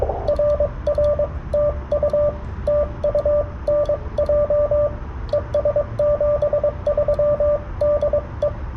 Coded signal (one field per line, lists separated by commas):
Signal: Morse code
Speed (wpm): 22 wpm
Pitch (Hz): 590 Hz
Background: radio noise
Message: RR TU TU NJ ES 73 DE